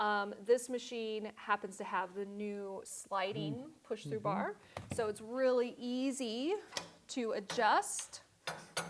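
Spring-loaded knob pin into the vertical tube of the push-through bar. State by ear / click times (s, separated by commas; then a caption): not seated / none. Someone talks while handling the sliding push-through bar on a Pilates trapeze table to adjust its height, with the spring-loaded knob pin meant to snap into the hole in the metal vertical tube. Nothing has seated or clicked yet by the end of the clip.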